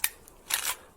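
A push-type duo fibre cleaning tool is pushed into the TX head's duo optical connector receptacle and clicks home at 0.0 seconds with a sharp, bright click. A faint tick follows at 0.3 seconds, then a longer broadband rasping burst from about 0.5 to 0.7 seconds. The tool is seated and the receptacle has been cleaned.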